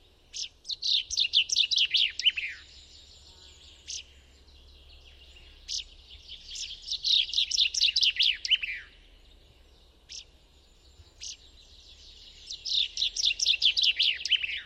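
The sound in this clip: Common chaffinch singing three full phrases about six seconds apart. Each is a quick, descending rattle of bright notes ending in a flourish, with short isolated chips between them.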